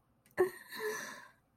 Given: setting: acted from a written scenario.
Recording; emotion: vocal sound without words; sadness